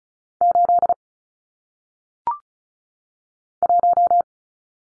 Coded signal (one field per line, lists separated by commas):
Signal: Morse code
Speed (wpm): 35 wpm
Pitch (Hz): 700 Hz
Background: none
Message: 8 1